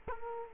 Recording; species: mosquito wingbeat signal from an infrared sensor; Culex quinquefasciatus